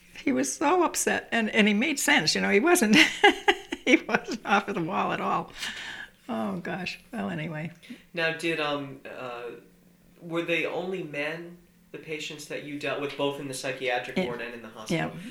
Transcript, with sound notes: He was so upset. And, and he made sense, you know, he wasn't, (she laughs) he wasn't off the wall at all. Oh, gosh. Well, anyway...
Now, did, were they only men, the patients that you dealt with, both in the psychiatric ward and in the hospital?